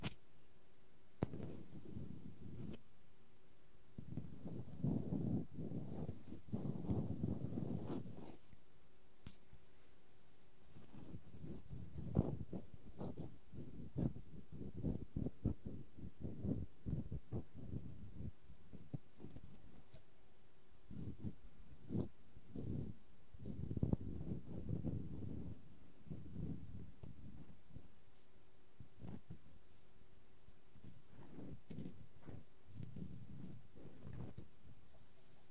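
Wooden objects tap, knock and scrape in uneven bursts, with dense low clattering clusters, sharp isolated clicks, and faint high scratchy squeaks between.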